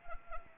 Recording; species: mosquito wingbeat signal from an infrared sensor; Anopheles arabiensis